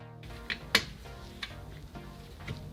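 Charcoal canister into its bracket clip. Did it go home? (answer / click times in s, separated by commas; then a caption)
no / none. A charcoal canister housing on a Hijet S331V is pressed into its bracket clip on the engine mount, with sharp plastic taps at about 0.5, 0.8 (the loudest), 1.4 and 2.5 seconds over steady background music. Nothing has seated or clicked yet: pushed fully in, the clip fails to hold.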